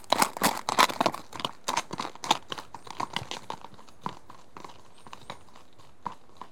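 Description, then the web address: Horse hoofbeats walking on gravel, a run of crunching clops that gradually fade. Two horses walking on a gravelly track, moving left to right. "The BBC Sound Effects Library Horses two horses at walk on gravelly track, l to r"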